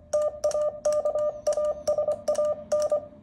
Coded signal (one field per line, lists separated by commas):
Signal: Morse code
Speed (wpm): 23 wpm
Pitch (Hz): 600 Hz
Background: none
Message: TAKASAN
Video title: Typical Morse Contact Vol. 1（一般的なモールス交信 その1）